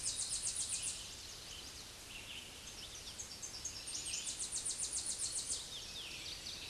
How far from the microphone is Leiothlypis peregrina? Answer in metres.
about 40 m